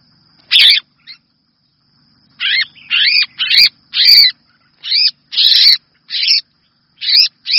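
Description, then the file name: Red-whiskered bulbul giving harsh, scratchy chattering notes in uneven bursts, some paired, with short pauses between groups. Distress call; the bird is calling for help. "Tieng chao mao keu cuu"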